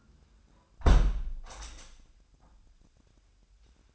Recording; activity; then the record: daily activity, microphone in the room; close window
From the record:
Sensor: 2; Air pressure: 997.8 hPa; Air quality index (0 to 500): 135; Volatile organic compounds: 3 ppm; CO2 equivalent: 1524 ppm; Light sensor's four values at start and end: 11/31/12/12 and 11/31/13/12